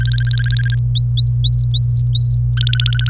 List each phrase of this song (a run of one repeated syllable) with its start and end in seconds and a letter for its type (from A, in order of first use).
0.00-0.75 A, 0.95-2.37 B, 2.57-3.09 A